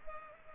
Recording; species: mosquito wingbeat signal from an infrared sensor; Culex pipiens